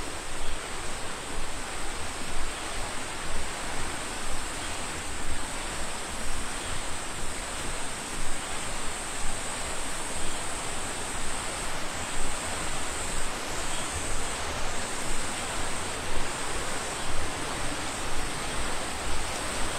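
Insects keep up a steady high-pitched drone above a dense, unchanging hiss, with a faint low rumble fluttering underneath throughout.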